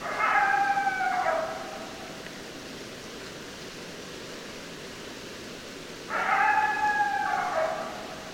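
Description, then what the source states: Coyote howls, two similar drawn-out notes about six seconds apart, each ending with a short downward drop, with a quiet gap between. Coyotes, more than one, recorded on 10 December 2012.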